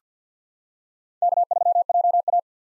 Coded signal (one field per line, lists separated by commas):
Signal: Morse code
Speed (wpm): 50 wpm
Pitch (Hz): 700 Hz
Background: none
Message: K3JA